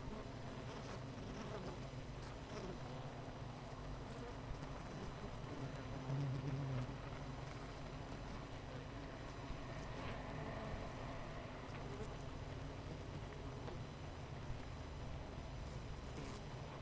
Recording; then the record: honeybee colony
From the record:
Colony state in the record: missing queen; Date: 14 July 2017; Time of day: 7:47